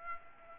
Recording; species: mosquito wingbeat signal from an infrared sensor; Aedes aegypti